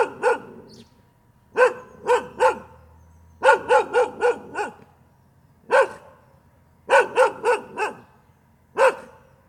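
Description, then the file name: Dog barking singly and in clusters of up to five sharp barks separated by short pauses, otherwise quiet. "tieng cho sua"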